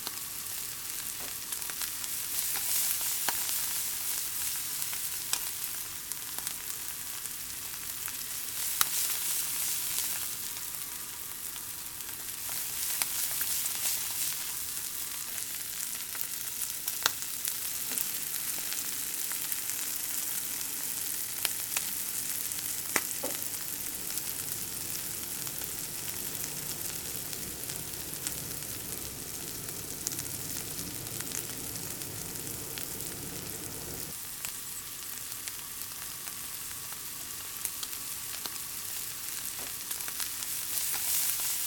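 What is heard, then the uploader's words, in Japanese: Corn is being stir-fried in a frying pan, with a steady, bright sizzle that holds throughout and swells in waves every few seconds. Scattered small pops and ticks break through, and a low rumble underneath grows from around 23 to 34 seconds. フライパンで炒める音 – Frying Sound。フライパンでコーンを炒めています。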